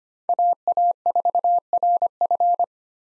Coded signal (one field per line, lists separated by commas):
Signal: Morse code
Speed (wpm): 25 wpm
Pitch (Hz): 700 Hz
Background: none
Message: AA4RF